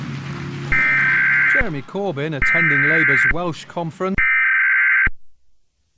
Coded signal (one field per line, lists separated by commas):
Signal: Emergency Alert System (SAME) tones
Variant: header bursts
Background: speech